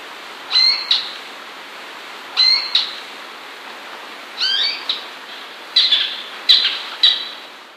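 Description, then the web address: Eared quetzal calls: sharp, high squealing notes, mostly in pairs with pauses of one to two seconds, then a quicker run of single notes. "Songs of Birds of North America Stokes. Eared Trogon"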